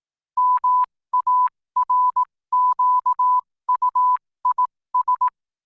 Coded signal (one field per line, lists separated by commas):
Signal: Morse code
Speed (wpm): 18 wpm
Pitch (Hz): 1000 Hz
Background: none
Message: MARQUIS